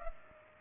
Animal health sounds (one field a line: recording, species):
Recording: mosquito wingbeat signal from an infrared sensor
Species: Culex pipiens